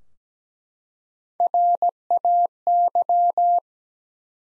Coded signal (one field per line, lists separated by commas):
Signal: Morse code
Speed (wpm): 17 wpm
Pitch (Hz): 700 Hz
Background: none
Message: RAY